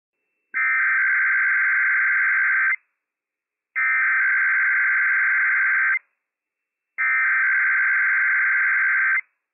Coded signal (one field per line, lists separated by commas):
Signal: Emergency Alert System (SAME) tones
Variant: header bursts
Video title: Idaho CAC RMT - WWF56 - EAS #173 - 9:50 PM PDT 9/9/21